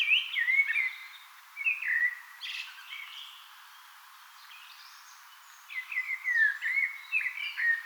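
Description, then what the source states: Eurasian blackbird song: several rich, fluted phrases with a pause of a couple of seconds in the middle, some ending in thin, squeaky twittering notes. Singing on 18 April 2025.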